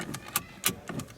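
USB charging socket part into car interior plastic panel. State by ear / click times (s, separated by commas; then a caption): seated / 0.4 s, 0.7 s. A part of a car USB charging socket is placed into its mounting hole in a plastic interior panel and pressed in lightly. Faint short ticks are heard, and two louder sharp clicks at 0.4 s and 0.7 s mark the part snapping into the panel. It seats in place.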